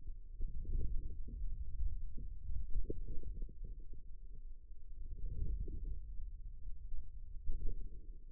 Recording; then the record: forearm muscle sounds (acoustic myography)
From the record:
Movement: hand closing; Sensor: system 2, bracelet of six BSWA MPA416 microphones around the upper forearm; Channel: 3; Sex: male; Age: 22 years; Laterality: right